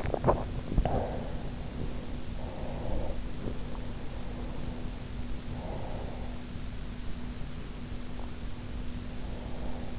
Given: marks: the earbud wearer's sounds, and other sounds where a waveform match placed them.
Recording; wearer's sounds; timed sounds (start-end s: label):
sounds in sleep by an in-ear microphone; swallowing, breath
0.00-1.61 s: swallowing
2.31-3.25 s: breath
5.47-6.50 s: breath
9.15-9.99 s: breath